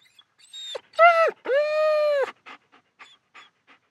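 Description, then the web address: German Shepherd dog whining in high, arching drawn-out whines, two long ones in a row, followed by several short soft huffs and breaths. "Big Room Sound Dog German Shepherd"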